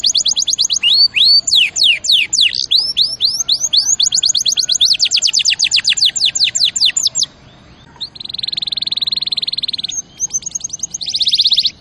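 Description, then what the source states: Canary singing fast sweeping trills and rising whistles, then two dense buzzy rattles separated by a brief quieter trill. Champion canary song used as a master recording for training other birds.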